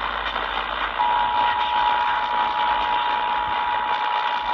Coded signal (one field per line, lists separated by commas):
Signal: Emergency Alert System (SAME) tones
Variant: 853 and 960 Hz attention tone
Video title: Tennessee Required Monthly Test on WLAC-AM